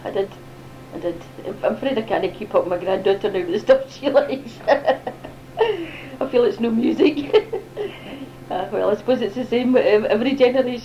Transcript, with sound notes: I did, I did. I'm afraid I can't keep up with my granddaughter, not with the stuff she likes! [laughs] I feel it's not music! Ach well, I suppose it's the same with every generation!